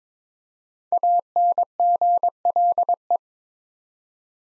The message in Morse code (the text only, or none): ANGLE